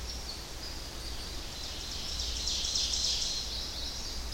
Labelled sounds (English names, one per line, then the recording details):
Ovenbird song
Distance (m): 55 m
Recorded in boreal forest in Alberta, Canada, on 10 June 2016 at 08:52
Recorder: SongMeter 3, array SBT-3-39
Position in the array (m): 271 m, 159 m
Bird 19